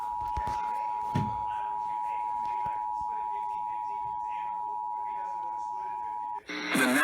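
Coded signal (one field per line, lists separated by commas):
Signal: Emergency Alert System (SAME) tones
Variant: 853 and 960 Hz attention tone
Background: speech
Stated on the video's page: Real EAS alerts during a Deep South tornado outbreak.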